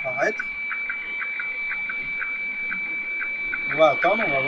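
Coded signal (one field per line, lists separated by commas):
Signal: weather fax (radiofax)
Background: speech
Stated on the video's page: Radiofax marine weather synoptic chart received in SSB on a Sangean 909x receiver.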